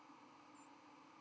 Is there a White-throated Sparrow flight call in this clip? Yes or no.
yes